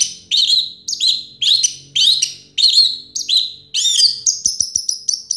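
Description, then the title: Orange-headed thrush singing rich, varied whistled phrases repeated nearly every half second, ending in a run of short high notes with a few low taps. Used to prompt a silent bird to sing. "Anis Merah Macet.. Pancing Dengan Suara Ini.. # Anis Merah"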